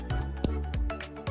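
A plastic joint piece on a toy figure is pressed into a hexagon build socket and seats with a single sharp snap at 0.4 s. Steady background music plays throughout, with a few softer bumps around the click.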